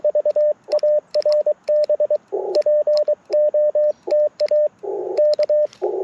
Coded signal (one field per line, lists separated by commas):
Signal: Morse code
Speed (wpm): 23 wpm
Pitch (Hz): 600 Hz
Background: radio noise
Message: VARB POTA K